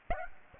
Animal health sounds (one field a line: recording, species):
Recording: mosquito wingbeat signal from an infrared sensor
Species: Aedes aegypti